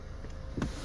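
A rear seat back release latch on the side of the cargo area of a 2019 VW Tiguan 2.0T SEL FWD SUV is pulled open so the rear seat backs fold forward. After a low background murmur, one sharp click sounds at 0.6 s as the latch releases.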